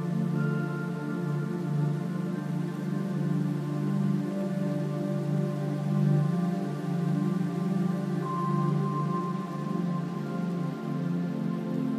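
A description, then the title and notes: Soft ambient music holds a steady drone of sustained, layered tones, warm and full in the low middle, with a few higher notes gliding in and out. A constant trickling brook, like light rain, runs underneath at an even level throughout. Tranquil Ambient Music Sound with Relaxing Brook.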